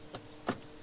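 A metal screw is turned counterclockwise in a plastic toy housing from a Hot Wheels Power Booster, and its thread start drops into the existing thread. Two short clicks sound at 0.1 s and 0.5 s over a faint steady hum. The threads have lined up and the screw is seated, ready to tighten.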